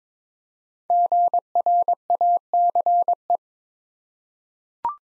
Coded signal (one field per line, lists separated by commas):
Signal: Morse code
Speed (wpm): 22 wpm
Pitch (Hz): 700 Hz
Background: none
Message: GRACE